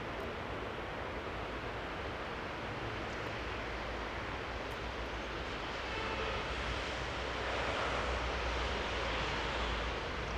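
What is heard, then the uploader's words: A soundscape at Lauterbach Church, filled with a dense, steady roar like an aircraft or heavy traffic passing overhead. The rumble stays even for the first half, then swells a little louder from about six seconds, peaking near eight before easing slightly. Soundscape - Lauterbach Church. At the cemetery with the view of the church.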